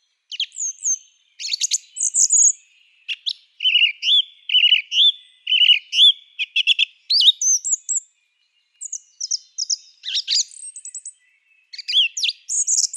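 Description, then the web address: Song thrush song: loud, varied phrases of clear whistles and chattering notes, several short motifs repeated two or three times in quick succession. "Schulze Peter Song Thrush song"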